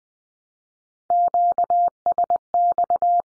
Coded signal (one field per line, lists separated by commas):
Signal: Morse code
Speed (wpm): 20 wpm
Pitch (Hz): 700 Hz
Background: none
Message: QSX